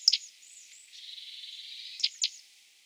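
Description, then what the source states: Bird song element: high, thin notes with a sharp click, a long wavering whistle, then two quick sharp notes at the end. Song unit number 4.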